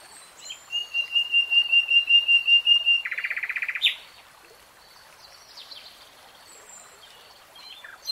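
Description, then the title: Nightingale song: a run of repeated piping notes, then a dense buzzy trill, followed by quieter whistled fragments over a soft hiss. Three-hour real-time recording of a nightingale singing. "[Tiếng chim hót] 3 Hours REALTIME Nightingale Singing"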